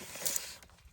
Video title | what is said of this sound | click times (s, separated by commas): 96 Z28 LT1 Fuel Injector Replacement - Step by Step | You hear them snap in. | 0.4 s